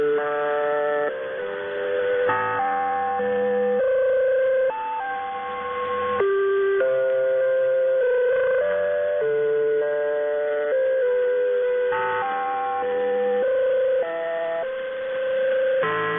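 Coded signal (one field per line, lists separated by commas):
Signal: channel marker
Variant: Bangkok VOLMET interval signal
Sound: a slow, organ-like electronic melody of held notes, repeating, over radio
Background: radio static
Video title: Bangkok Meteo Interval Signal [HQ]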